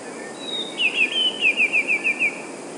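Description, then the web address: Eurasian blue tit sings once, a faint high note leading into a trill of around eight quick falling notes. "wroblowe teka 2 spiew. wroblowe teka modraszkoteka"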